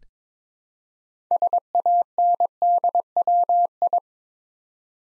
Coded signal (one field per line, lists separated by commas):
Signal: Morse code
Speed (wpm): 22 wpm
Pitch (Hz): 700 Hz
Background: none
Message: SANDWI